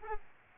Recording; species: mosquito wingbeat signal from an infrared sensor; Aedes albopictus